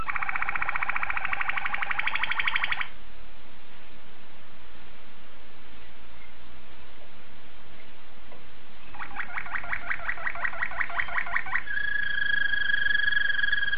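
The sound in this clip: Domestic canary song in two bursts: a dense buzzy trill for about three seconds, a pause with faint hiss, then another trill and a sustained whistled tone.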